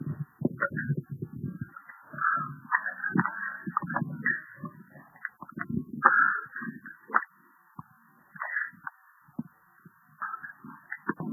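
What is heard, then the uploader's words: Muffled, low rumbles and breathy puffs come in uneven bursts, heaviest in the first two seconds and around four and six seconds. Sharp clicks and brief chirps scatter throughout, with short near-silent gaps. Everything sounds dull and squeezed, like heavily compressed audio. Breaths, clicks, rumbles, compression artifacts.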